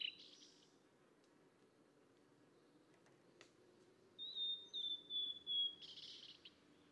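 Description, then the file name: Mangrove blue flycatcher: songbird giving one soft whistled phrase of five or six level notes, followed by a short buzzy burst, against a quiet humming background. "tledekan laut"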